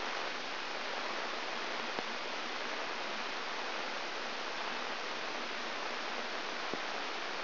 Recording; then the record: brain microelectrode recording played as sound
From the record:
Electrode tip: inside the subthalamic nucleus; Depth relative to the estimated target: 1.5 mm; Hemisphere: right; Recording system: AlphaMap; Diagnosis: Parkinson's disease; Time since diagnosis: 13 years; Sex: male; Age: 63 years